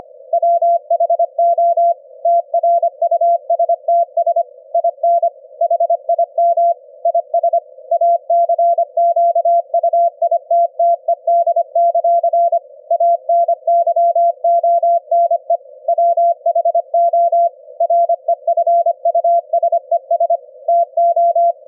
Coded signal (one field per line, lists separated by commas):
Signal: Morse code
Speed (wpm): 25 wpm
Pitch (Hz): 680 Hz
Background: none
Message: WHO TRUSTS IN HIM IS ACQUITTED; ANYONE WHO REFUSES TO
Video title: sending Morse Code on the ELF BAND at 25 hertz at 25 wpm - receive with QUISK SDR